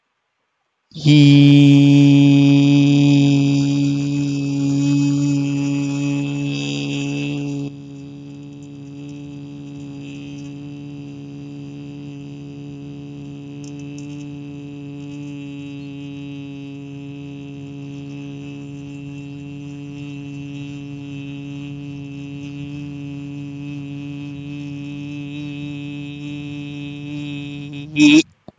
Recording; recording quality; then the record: sustained vowel as in beet; excellent, no background noise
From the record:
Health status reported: healthy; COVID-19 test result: not tested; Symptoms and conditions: none ticked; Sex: male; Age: 26 years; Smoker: not ticked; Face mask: not worn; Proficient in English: yes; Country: India